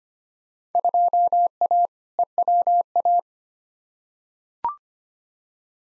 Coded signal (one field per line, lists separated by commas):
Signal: Morse code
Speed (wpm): 25 wpm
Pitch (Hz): 700 Hz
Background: none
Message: 2A EWA